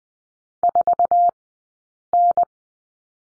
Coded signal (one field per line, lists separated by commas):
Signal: Morse code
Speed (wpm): 20 wpm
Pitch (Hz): 700 Hz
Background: none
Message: 4N